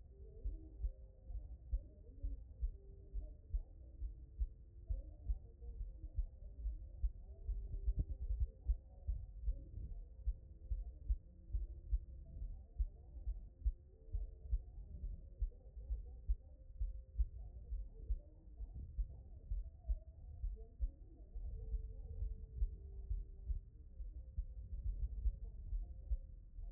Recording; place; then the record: heart sounds by stethoscope; pulmonary valve (PV)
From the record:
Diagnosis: non-HFrEF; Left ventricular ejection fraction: 57%